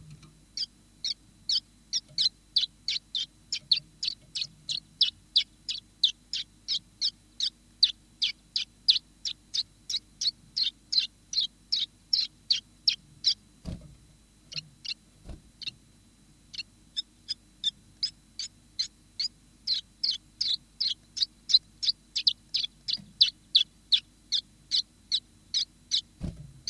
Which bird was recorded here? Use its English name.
Common Chiffchaff